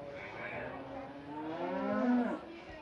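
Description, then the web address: Cattle: cow mooing, a long low nasal moo that swells and then breaks off near the end, over a soft steady background hum. Cows waiting at an auction. "SFXSource AOS Cows Waiting At Auction"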